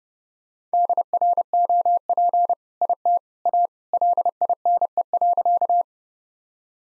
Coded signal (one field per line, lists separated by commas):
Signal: Morse code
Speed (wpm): 30 wpm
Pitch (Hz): 700 Hz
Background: none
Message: DROP IT A LINE.